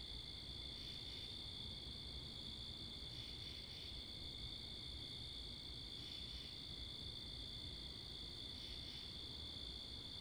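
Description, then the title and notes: Cricket chorus: a steady shrill trill with faint swells every few seconds, over a low bed of traffic and wind. Wakefield, Rhode Island, 10 October 2021, 11:35pm, night; recorded facing northeast with two Rode NTG-3 shotgun mics on a Sound Devices MixPre 10ii; crickets with cars and wind. "Oct 10th 2021 11:35pm Wakefield, Rhode Island. Crickets, Cars, and Wind"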